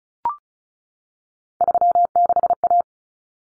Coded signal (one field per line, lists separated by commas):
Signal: Morse code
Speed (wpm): 34 wpm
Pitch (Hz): 700 Hz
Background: none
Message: 36A